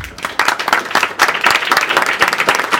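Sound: audience applause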